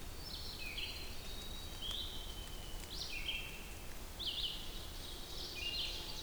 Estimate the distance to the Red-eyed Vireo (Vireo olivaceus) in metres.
about 70 m